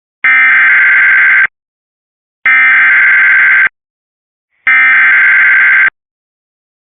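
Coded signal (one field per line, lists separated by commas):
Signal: Emergency Alert System (SAME) tones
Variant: header bursts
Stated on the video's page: Severe Thunderstorm Warning received via Cox cable.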